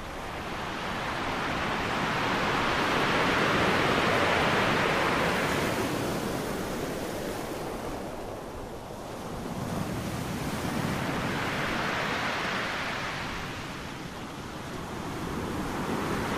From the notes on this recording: a warm, sandy beach